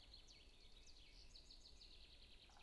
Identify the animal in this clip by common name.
Common Chaffinch